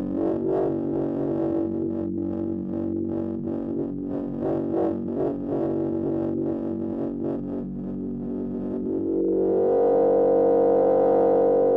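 A synthesizer swarm of many detuned oscillator tones drones in the low mids, with dense, rapid pulsing flutters through the first nine seconds. Around the nine-second mark the texture swells louder and brighter, settling into a thick, sustained buzzing chord that holds to the end.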